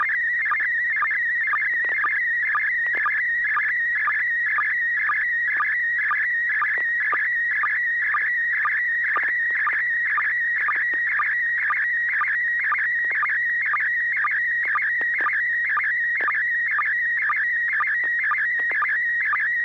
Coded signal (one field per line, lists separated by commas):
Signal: SSTV (slow-scan television)